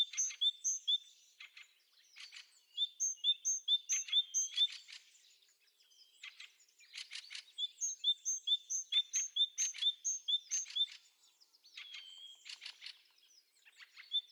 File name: Parus major